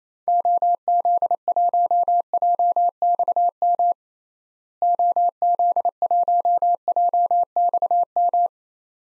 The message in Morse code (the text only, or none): OZ1JXM OZ1JXM